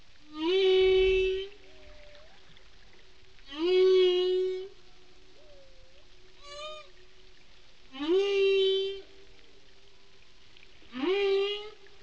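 Whale calls in a repeating series, rich harmonic moans that rise then hold steady, about every three to four seconds, with softer short tonal notes between them.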